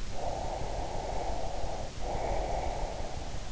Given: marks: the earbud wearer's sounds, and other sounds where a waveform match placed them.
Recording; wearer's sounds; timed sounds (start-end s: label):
sounds in sleep by an in-ear microphone; breath
0.26-3.17 s: breath